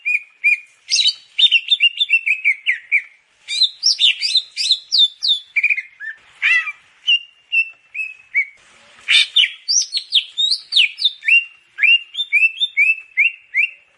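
Grey-cheeked bulbul singing a lively medley of quick chirps and downslurred whistles in bursts separated by brief pauses.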